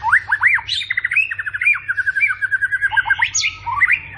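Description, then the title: White-rumped shama song: fast run of looping whistled notes followed by a long series of rapid repeated chips, then a sharp rising whistle and a few more looping notes. Morning song of a captive white-rumped shama, played to prompt other caged birds to sing; rich, varied song content. "PANCINGAN MURAI BATU PAGI HARI MURAI BATU GACOR ISIAN MEWAH"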